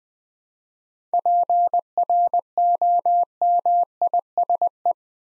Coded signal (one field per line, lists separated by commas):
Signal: Morse code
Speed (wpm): 20 wpm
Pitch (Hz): 700 Hz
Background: none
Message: PROMISE